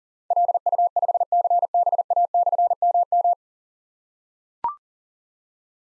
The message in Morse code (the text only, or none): LU5CBA/MM